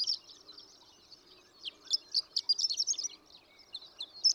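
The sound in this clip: Horned lark song, faint high jumbled twittering notes rising out of low background noise, louder in the middle and at the end.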